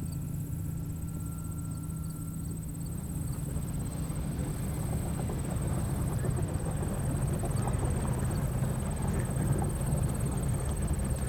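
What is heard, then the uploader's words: Night on the lake: a steady low hum and thin high whine, with a brief tone early, then busier soft clattering from three seconds on. Quiet Night on the Lake.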